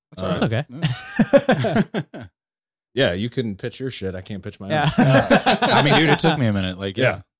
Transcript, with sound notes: It's okay. (laughing)
Yeah, you couldn't pitch your shit. I can't pitch my mic. (laughing) I mean, you took me a minute, like, yeah.